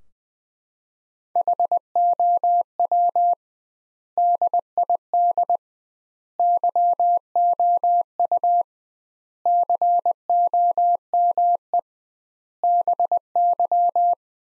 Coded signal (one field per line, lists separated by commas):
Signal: Morse code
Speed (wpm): 21 wpm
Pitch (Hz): 700 Hz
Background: none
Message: HOW DID YOU COME BY